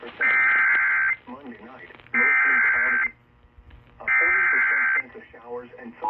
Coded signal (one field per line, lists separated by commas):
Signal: Emergency Alert System (SAME) tones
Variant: header bursts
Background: speech